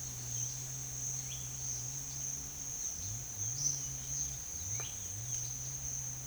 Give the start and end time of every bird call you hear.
1.04s-5.62s: bird call (1.4-7.6 kHz)

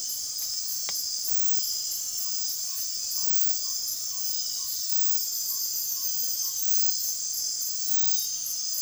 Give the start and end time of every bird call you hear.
2.20s-6.60s: bird call (0.7-1.5 kHz)

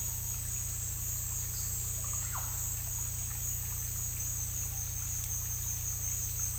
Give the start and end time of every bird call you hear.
2.02s-2.53s: bird call (0.6-2.3 kHz)

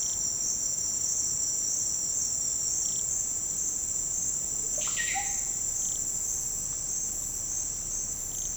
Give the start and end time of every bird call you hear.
4.62s-5.51s: bird call (0.3-5.0 kHz)

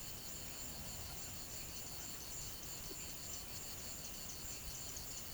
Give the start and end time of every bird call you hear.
1.42s-5.34s: bird call (4.6-6.7 kHz)

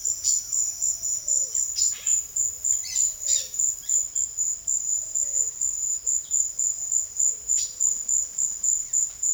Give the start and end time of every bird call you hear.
0.15s-3.64s: bird call (1.0-6.7 kHz)

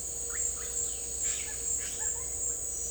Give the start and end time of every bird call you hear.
1.12s-2.34s: bird call (0.3-5.3 kHz)

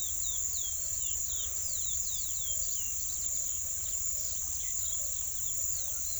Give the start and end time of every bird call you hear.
0.00s-6.19s: bird call (2.1-5.5 kHz)

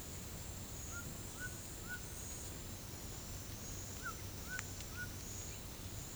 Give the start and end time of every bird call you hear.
0.91s-2.02s: bird call (1.0-1.8 kHz)
3.97s-5.09s: bird call (0.8-1.9 kHz)

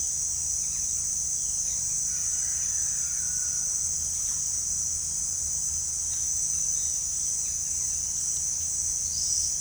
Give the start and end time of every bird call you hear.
2.02s-3.82s: bird call (0.8-3.5 kHz)

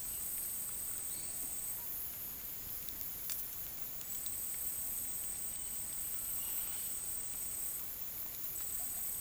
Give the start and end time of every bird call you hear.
1.00s-1.93s: bird call (0.4-5.3 kHz)
5.43s-7.11s: bird call (2.4-3.9 kHz)
8.33s-9.21s: bird call (0.3-2.7 kHz)

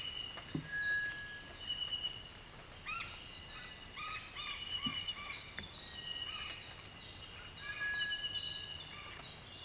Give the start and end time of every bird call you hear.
0.63s-1.51s: bird call (1.2-2.0 kHz)
2.85s-3.07s: bird call (0.7-5.7 kHz)
3.90s-5.41s: bird call (0.6-4.2 kHz)
7.77s-8.64s: bird call (1.2-2.2 kHz)

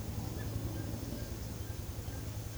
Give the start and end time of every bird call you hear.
0.38s-2.57s: bird call (0.9-2.0 kHz)

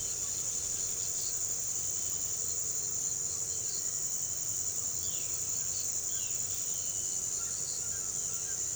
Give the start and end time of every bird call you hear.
4.99s-6.83s: bird call (1.9-5.0 kHz)
7.28s-8.75s: bird call (0.9-2.1 kHz)

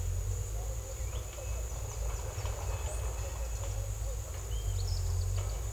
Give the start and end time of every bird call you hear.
4.38s-5.55s: bird call (2.7-5.7 kHz)

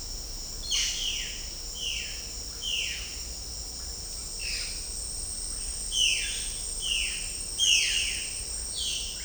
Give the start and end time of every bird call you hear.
0.69s-1.35s: bird call (0.8-4.2 kHz)
1.75s-2.22s: bird call (1.5-3.7 kHz)
2.59s-3.15s: bird call (1.4-4.0 kHz)
4.40s-4.77s: bird call (1.2-4.1 kHz)
5.89s-6.41s: bird call (1.2-4.4 kHz)
6.78s-7.27s: bird call (1.5-4.2 kHz)
7.57s-8.00s: bird call (1.0-4.1 kHz)
8.78s-9.14s: bird call (1.9-4.3 kHz)

